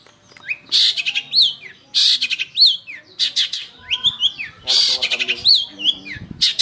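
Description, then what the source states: Long-tailed shrike song of harsh buzzy bursts alternating with clear rising and falling whistled notes, delivered in uneven phrases. Training (master) recording for songbird keepers; Indonesian name cendet.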